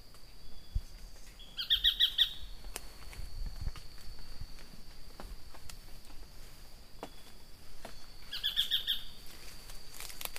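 Tacarcuna tapaculo call: two short bursts of four quick, high, evenly spaced notes, about seven seconds apart, over steady background hiss and faint rustling.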